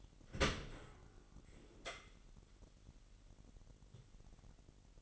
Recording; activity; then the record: daily activity, microphone in the room; open dishwasher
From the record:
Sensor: 4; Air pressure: 999.2 hPa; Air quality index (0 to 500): 120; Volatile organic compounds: 2 ppm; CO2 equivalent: 1183 ppm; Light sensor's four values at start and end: 9/22/9/9 and 9/21/8/9